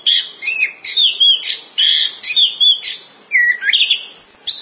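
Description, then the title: Thrush song: loud, varied whistled phrases with rising and falling slurred notes, delivered in short bursts separated by brief pauses. "burung anis"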